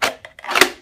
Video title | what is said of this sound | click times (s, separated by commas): Crown Holsters - Royal Modular Holster | a Glock 19 here but you can see that you can hear it click in | 0.6 s